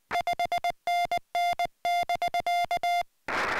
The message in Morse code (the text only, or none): 5NN <BK>